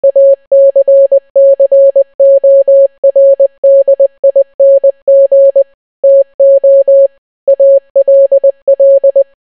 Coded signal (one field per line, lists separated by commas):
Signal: Morse code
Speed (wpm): 20 wpm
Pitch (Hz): 550 Hz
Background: none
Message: ACCORDING TO ALL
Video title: The Entire Bee Movie Script Except its in Morse Code